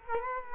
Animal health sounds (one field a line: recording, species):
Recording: mosquito wingbeat signal from an infrared sensor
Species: Culex quinquefasciatus